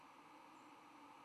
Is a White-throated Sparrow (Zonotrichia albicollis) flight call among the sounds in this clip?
yes